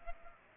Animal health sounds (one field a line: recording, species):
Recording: mosquito wingbeat signal from an infrared sensor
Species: Culex pipiens